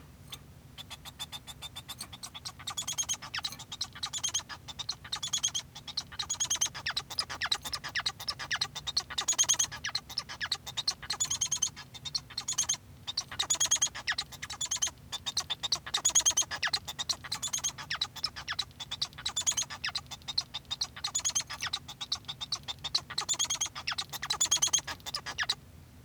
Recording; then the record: song of a male Bengalese finch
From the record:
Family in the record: son of father 1